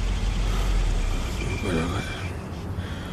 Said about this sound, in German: Der vom Herrn Oberstaatsanwalt bestellte Wagen ist da.